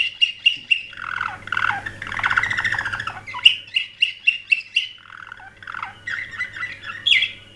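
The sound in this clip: Canary singing a varied song of sharp repeated chips, dense warbling passages and rolling trills, with a steady low hum in the background.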